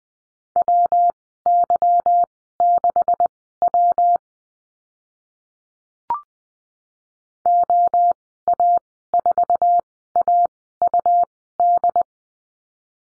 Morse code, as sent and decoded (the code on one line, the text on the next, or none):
.-- -.-- -.... .-- / --- .- ....- .- ..- -..
WY6W OA4AUD